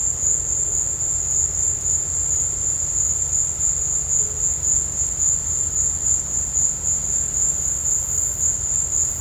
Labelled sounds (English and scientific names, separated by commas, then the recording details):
none
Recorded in dense forest near Puerto Asís, Putumayo, Colombia, on 16 December 2024 at 15:00
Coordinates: 0.468, -76.322
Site G071